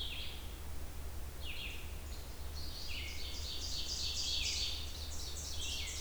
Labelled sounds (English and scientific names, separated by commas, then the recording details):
Red-eyed Vireo (Vireo olivaceus) song
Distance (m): 65 m
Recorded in boreal forest in Alberta, Canada, on 28 June 2016 at 07:46
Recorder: SongMeter 3, array SBT-6-79
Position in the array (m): 107 m, 211 m